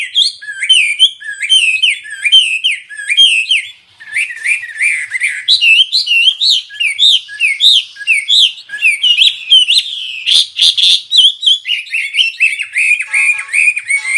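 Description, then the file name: Hwamei song: loud, fluid whistled phrases repeated in quick succession, rising and falling notes mixed with brief harsh chips, with only a short pause early on. Singing energetically. "Burung Hwamei Wambi wambie. Gacor"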